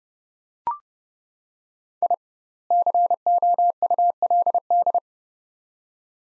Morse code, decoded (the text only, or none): I COULD